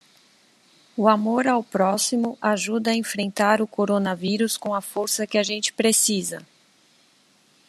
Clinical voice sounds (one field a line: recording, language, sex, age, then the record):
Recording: spoken sentence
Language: Brazilian Portuguese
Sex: female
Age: 40 to 49 years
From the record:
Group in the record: control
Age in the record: 40 years